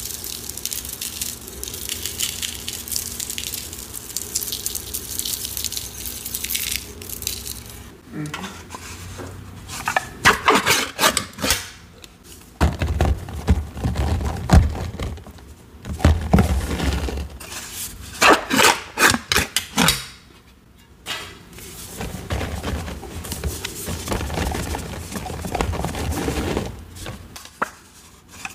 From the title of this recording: Dyed Chalk Cubes, Cornstarch Crunchies, Paste Mixing, Pouring into Molds